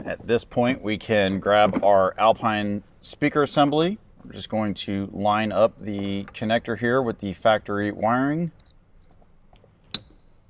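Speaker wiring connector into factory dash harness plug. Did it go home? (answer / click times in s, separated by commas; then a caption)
yes / 9.9 s. Someone talks while lining up the plastic connector on an aftermarket Alpine speaker assembly with the factory wiring plug in the dash of a 2014–2021 Toyota Tundra. After a quiet pause, the connector is pushed in and a single sharp snap rings out at 9.9 s. The connector is seated in the factory plug.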